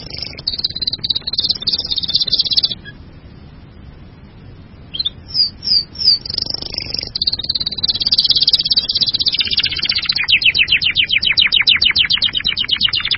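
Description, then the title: Bird song in bursts of high, thin chirps and sharp notes, ending in a long run of fast, rapidly repeated ticking trills. "burung online"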